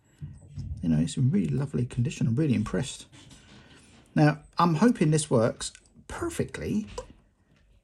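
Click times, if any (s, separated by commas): none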